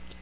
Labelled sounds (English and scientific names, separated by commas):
Magnolia Warbler (Setophaga magnolia) flight call